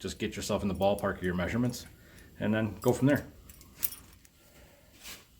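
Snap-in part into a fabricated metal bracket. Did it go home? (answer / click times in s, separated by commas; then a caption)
yes / 3.9 s. Someone talks while a snap-in part is pushed into a hole in a fabricated metal bracket during a shop project, with light metallic clinks. It snaps into place with a sharp click at 3.9 s, seated with the hole lined up because it could be marked from the bottom.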